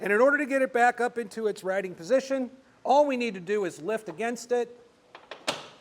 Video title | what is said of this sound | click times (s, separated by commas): etrailer - How the Thule Verse 2 Bike Rack Fits - 2022 Ford Edge | Once we hear that click, we're back upright and we can hit the road. | 5.5 s